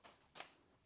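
A steel screwdriver bit, barely set into a slot of an EZRed EZBIT-R plastic magnetic bit holder with 48 slots, is pulled fully home by the magnet. A faint light tick comes near the start, then one sharp, bright snap at 0.4 s that fades quickly. The bit is seated in the slot.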